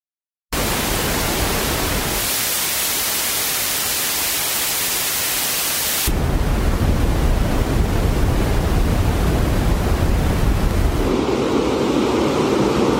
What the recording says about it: The new Apple settings do have something called background noise. You can think of this as a tinnitus sound therapy feature. Balanced noise.